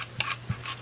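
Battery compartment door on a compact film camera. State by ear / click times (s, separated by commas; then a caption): seated / 0.2 s. The plastic battery compartment door on the bottom of an Olympus Stylus 120 35mm film camera is closed after a 123 lithium battery is installed. A sharp snap at 0.2 s marks the door latching shut, followed by a few softer taps and clicks.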